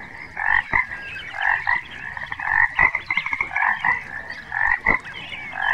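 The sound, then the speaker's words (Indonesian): A dense chorus of dozens of frogs croaking over one another at a pond in the middle of a vast meadow, steady overlapping calls with sharper clicks and louder bursts punctuating the continuous pulsing drone. “Di tengah padang rumput yang sangat luas, terdapat sebuah kolam yang dihuni oleh berpuluh-puluh katak.”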